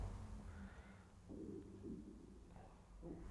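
Low, murky gurgling rises in two or three short bursts over a steady low background hum. It is a small tummy rumble (borborygmi) from an adult, the ordinary sound of gas and fluid moving through the gut.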